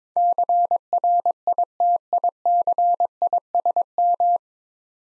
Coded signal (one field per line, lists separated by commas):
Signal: Morse code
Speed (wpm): 22 wpm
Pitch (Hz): 700 Hz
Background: none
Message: CRITICISM